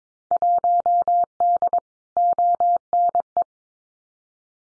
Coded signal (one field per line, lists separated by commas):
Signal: Morse code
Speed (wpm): 22 wpm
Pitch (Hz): 700 Hz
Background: none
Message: 1D ONE